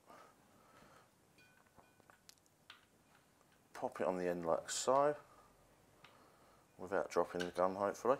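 A quick-release fill adapter is handled and pushed toward the fill port of a Daystate Huntsman Regal PCP air rifle, with faint light ticks and rattles from about 1.8 to 2.7 s and again near 6.1 s while someone talks. Nothing has seated or clicked yet by the end of the clip.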